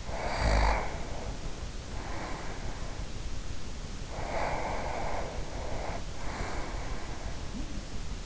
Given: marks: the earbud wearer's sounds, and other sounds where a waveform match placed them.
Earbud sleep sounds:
sounds in sleep by an in-ear microphone; snoring breath, breath
0.00-3.24 s: snoring breath
4.09-7.86 s: breath

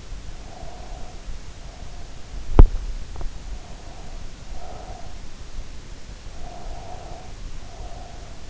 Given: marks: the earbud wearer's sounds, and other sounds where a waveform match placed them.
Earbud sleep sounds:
sounds in sleep by an in-ear microphone; breath
0.41-2.39 s: breath
3.47-5.35 s: breath
6.23-8.50 s: breath

